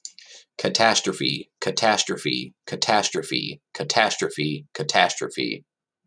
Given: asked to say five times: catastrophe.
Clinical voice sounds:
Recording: repeated word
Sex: male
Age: 30 to 39 years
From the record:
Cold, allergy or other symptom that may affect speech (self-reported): no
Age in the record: 36 years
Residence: Missouri, United States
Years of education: 14

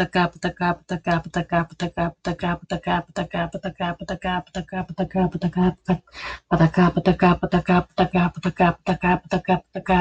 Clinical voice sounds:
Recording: repeated syllables /pa ta ka/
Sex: female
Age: 40 to 49 years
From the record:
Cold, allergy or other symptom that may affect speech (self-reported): no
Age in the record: 44 years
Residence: Texas, United States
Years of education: 14

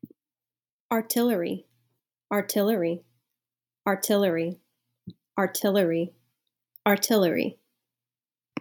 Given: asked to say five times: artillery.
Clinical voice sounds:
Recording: repeated word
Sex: female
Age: 30 to 39 years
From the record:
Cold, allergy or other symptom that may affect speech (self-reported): no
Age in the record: 30 years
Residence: Georgia, United States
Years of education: 18

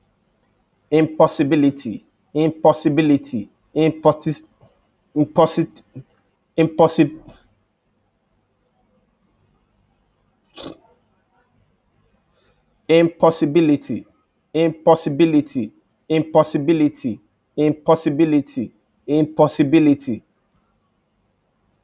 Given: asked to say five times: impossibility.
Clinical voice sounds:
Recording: repeated word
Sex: male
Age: 30 to 39 years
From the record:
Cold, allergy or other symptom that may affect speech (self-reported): no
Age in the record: 34 years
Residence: Texas, United States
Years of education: 16

